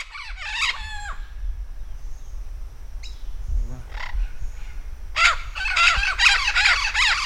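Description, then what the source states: Vinaceous-breasted amazon with a brief burst of raspy squawks, a quiet stretch with faint scattered sounds, then a loud run of overlapping harsh calls. Campos do Jordão, São Paulo, Brazil; dated 3-12-09.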